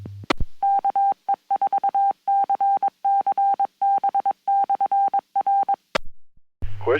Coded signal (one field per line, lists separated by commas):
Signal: Morse code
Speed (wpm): 22 wpm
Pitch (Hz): 790 Hz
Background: speech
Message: KE4CCB/R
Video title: WAKE UP to Ham Radio on Sunday Morning Coffee Net!